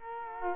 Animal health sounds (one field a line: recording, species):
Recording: mosquito wingbeat signal from an infrared sensor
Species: Culex quinquefasciatus